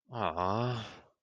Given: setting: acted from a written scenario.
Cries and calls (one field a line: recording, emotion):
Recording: vocal sound without words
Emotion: sadness